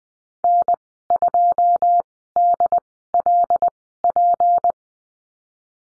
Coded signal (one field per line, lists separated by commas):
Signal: Morse code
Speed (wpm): 20 wpm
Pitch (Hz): 700 Hz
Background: none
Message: N2DLP